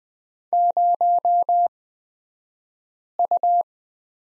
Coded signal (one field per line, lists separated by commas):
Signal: Morse code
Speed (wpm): 20 wpm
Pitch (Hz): 700 Hz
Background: none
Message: 0U